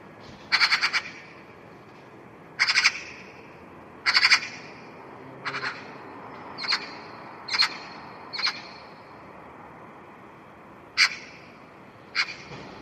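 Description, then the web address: Bird calling with rasping, buzzy notes, strongest early on, then single harsh notes at irregular intervals. "cianscape birddata Deverinetal 2025 File origin Bird Only"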